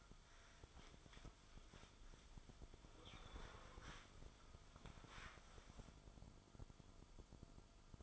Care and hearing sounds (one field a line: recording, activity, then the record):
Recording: daily activity, microphone in the room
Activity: wipe stove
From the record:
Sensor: 5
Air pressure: 1004.9 hPa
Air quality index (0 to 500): 104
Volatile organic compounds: 2 ppm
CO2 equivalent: 1258 ppm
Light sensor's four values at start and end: 31/70/29/30 and 32/73/30/30